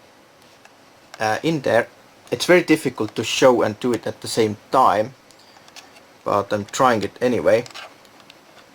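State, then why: Not seated. A pre-cut wire is slid into a spring push-in terminal on a 1byOne video doorbell intercom unit while the release tab is held down. Someone talks throughout, with a few faint ticks from handling in the pauses. The wire has not yet clicked into place; nothing has seated.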